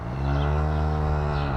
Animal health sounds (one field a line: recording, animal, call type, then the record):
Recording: contact call of a hoofed animal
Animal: cattle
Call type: low-frequency (closed-mouth) or high-frequency (open-mouth) call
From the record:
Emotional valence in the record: negative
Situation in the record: physical separation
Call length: 1.58 s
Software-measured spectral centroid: 1200 Hz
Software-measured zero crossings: 650 a second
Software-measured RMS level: -24 dBFS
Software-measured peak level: -14 dBFS